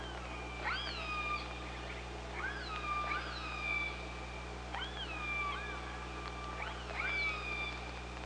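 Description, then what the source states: Killer whale pulsed calls sound about every two seconds, each upsweeping then holding a harmonic tone with a sliding end, over steady low hydrophone hum. Recorded by OrcaLab hydrophone on 24 August 2017 at 05:27.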